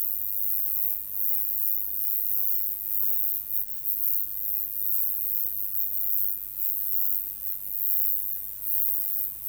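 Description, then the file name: Roesel's bush-cricket song, a thin, very high sizzling buzz held steadily throughout, with slight rhythmic swells over a low background hum. "Metrioptera roeselii"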